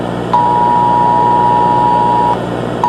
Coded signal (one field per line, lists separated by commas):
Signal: Emergency Alert System (SAME) tones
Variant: 853 and 960 Hz attention tone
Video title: BIRDIANS a EAS scenario